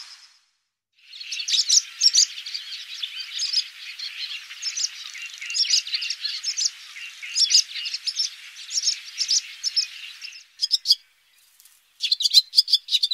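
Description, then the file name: Swallow twittering: a steady, busy stream of high chirps and warbles for about nine seconds, then a brief gap and a few sharper chirps. "hirondelle"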